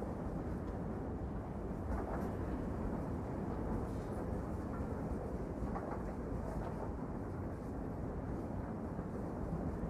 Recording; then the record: background sound without coughing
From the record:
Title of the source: Train Ride Ambience ambient white noise for sleeping, focus, studying, reading